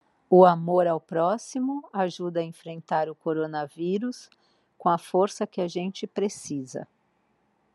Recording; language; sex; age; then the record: spoken sentence; Brazilian Portuguese; male; 50 to 59 years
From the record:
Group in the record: control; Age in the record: 53 years